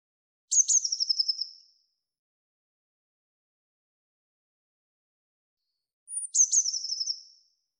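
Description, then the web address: Eurasian blue tit sings two phrases several seconds apart, each a fast, tinkling trill of repeated notes, the second led in by a brief high note; silence between. "cianscape birddata Deverinetal 2025 File cleaned normalized Bird Cy Ca"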